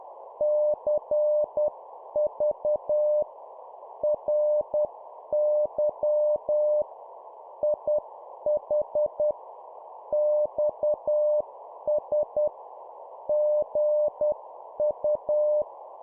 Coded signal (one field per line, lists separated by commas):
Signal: Morse code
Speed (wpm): 10 wpm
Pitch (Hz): 600 Hz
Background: none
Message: CV RY IH XS GU